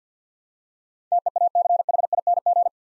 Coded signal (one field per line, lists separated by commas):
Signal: Morse code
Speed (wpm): 50 wpm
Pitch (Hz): 700 Hz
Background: none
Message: TEACHING